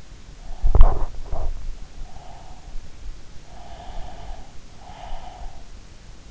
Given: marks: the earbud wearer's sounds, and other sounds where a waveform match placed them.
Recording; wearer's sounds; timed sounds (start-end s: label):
sounds in sleep by an in-ear microphone; breath, body movement
0.36-2.81 s: breath
0.63-1.68 s: body movement
3.50-5.76 s: breath